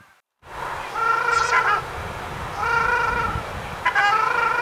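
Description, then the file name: Ruddy shelduck giving a few long, nasal, harmonic honks separated by pauses, over a low rumbling background. "ogar golos"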